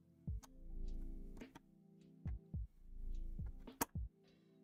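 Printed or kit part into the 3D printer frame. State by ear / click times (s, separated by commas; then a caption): seated / 3.8 s. During 3D printer kit assembly, a printed or kit part is pushed into the 3D printer frame while music plays in the background. A sharp, loud snap at 3.8 s marks the part seating, and it is confirmed snapped into place.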